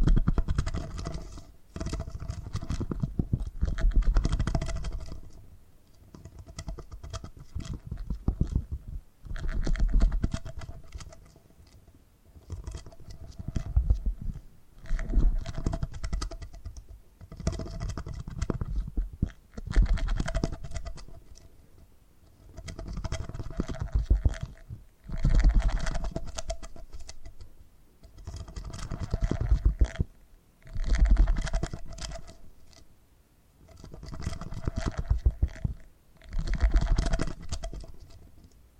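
Purring rolls on in low, fluttering swells that rise and fade roughly every five seconds, with brief silent breaks between them. The rumble is dense and rough, carrying a faint steady hum through it, and light patter-like crackle rides on top.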